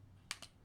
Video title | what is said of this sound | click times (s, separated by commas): Fanhome 1966 Batmobile part 16 | It just snaps into place like that. That's not going anywhere. | 0.3 s